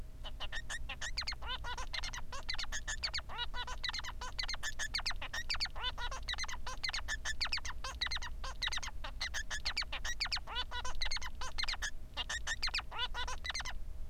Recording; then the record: song of a male Bengalese finch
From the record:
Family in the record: son of father 3